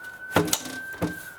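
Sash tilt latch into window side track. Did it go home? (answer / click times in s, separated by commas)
yes / 0.4 s, 0.5 s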